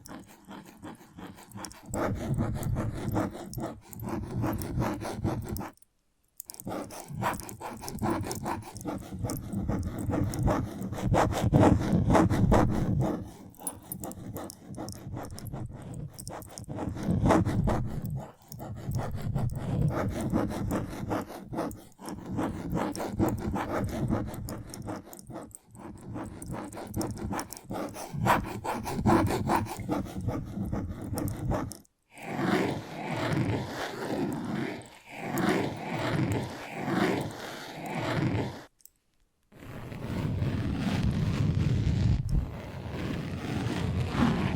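Invisible tapping, scratching and tracing go on in dense, rustling bursts, broken by brief silences near 6, 32 and 39 seconds.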